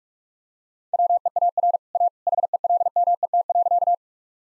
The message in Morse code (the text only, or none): WEAR A HELMET.